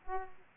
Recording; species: mosquito wingbeat signal from an infrared sensor; Aedes aegypti